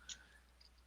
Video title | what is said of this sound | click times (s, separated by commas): FIGGAH BANGIN' - S2/EP25 - X-Transbots Neptune - MP Seaspray | you gotta pull them hard until they click | 0.1 s